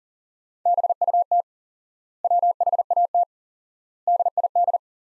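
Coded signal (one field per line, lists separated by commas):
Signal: Morse code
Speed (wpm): 40 wpm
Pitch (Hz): 700 Hz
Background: none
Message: BUT WHAT DID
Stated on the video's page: Morse practice of sentences from the top 400 words at 40 wpm with 4x standard word spacing, a Farnsworth-like method.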